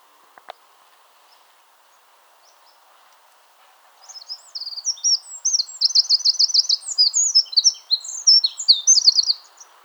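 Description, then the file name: Eurasian wren song starting after four seconds of quiet: a rapid, high, jumbled torrent of notes with buzzy trills, running to the end. "Troglodytes troglodytes"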